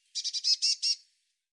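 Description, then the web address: Bird call: a quick buzzy run of six harsh notes, high-pitched and evenly spaced, lasting about one second, with silence around it. "cianscape birddata Deverinetal 2025 File cleaned normalized Bird Cy Ca"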